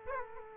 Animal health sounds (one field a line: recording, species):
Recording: mosquito wingbeat signal from an infrared sensor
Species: Aedes aegypti